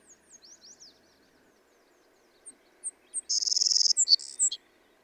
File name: Savannah Sparrow